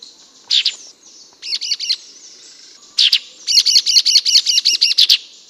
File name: melanochlora sultanea